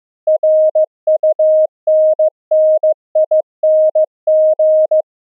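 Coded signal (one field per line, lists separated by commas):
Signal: Morse code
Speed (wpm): 15 wpm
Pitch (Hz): 620 Hz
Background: none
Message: RUNNING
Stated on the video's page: Pulse density modulated CW transmitted and received on LF at 64 kHz with resonant magnetic near-field antennas, an experiment for through-the-earth cave communication.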